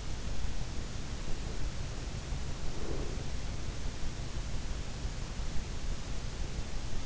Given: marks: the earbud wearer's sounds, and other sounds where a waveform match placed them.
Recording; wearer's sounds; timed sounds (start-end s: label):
sounds in sleep by an in-ear microphone; breath
1.27-3.39 s: breath